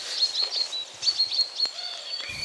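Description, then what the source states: Common Chaffinch alarm calls: a series of short, high, thin metallic notes at a steady pitch amid background noise. Alarm or agitation call, sometimes a contact call, given as single 'ping-ping' notes resembling the English words 'finch' or 'drink'.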